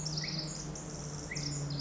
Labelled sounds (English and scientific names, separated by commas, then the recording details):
Pacific Wren (Troglodytes pacificus)
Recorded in Sonoma County, California